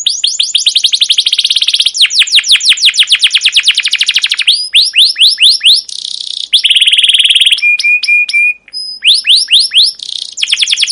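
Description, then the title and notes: Canary song of rolling rapid trills and descending chirp series, with a harsh burst and short repeated whistles near the end. Long, persistent, emotive chirping 'cuit cuit' rolling canary song, used as a lure and as a tutor for young canaries learning to sing. "CUIT CUIT NGEROL LANGSUNG GACOR PANJANG Kenari Ini Utk Pancingan KENAR. PANCINGAN Kenari GACOR PANJANG Cuit CUIT EMOSI ini utk MASTERAN Kenari PAUD belajar BUNYI. burung kenari"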